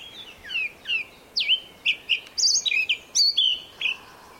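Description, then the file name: Eurasian blackcap song, a scratchy warble of short sweeping and slurred notes, varied and quick, over a light background hiss. "Sylvia atricapilla"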